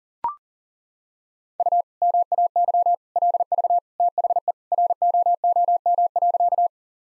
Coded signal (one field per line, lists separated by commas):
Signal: Morse code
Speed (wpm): 37 wpm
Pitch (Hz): 700 Hz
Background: none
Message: U MAY LV THE ROOM.